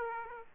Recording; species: mosquito wingbeat signal from an infrared sensor; Aedes aegypti